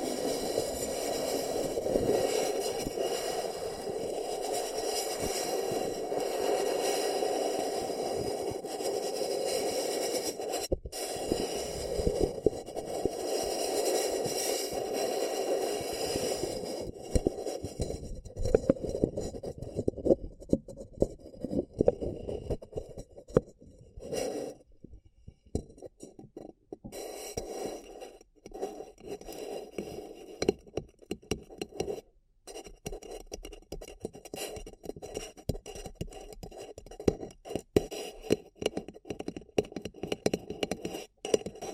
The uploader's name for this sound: Paper Cup Tingles